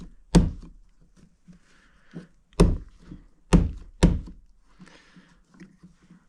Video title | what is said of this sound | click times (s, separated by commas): 2023 Jeep Wrangler Rubicon 392 Full Headliner Install! | now we can put this actual trim piece back into the hard top should just snap right into place | 0.4 s, 2.6 s, 3.5 s, 4.0 s